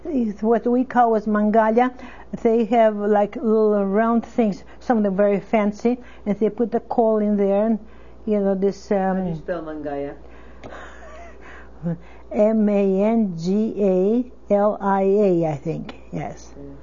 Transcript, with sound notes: what we call was mangalia, we have like little round things, some of them very fancy. And they put a coil in there, you know, this...
How do you spell mangalia?
( she laughs ) M-A-N-G-A-L-I-A, I think, yes.